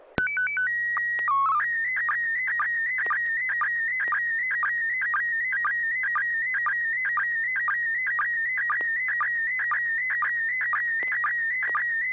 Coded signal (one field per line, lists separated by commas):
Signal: SSTV (slow-scan television)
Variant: PD 120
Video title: N6NA SSTV Net - 09/11/2024